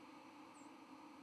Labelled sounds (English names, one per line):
White-throated Sparrow flight call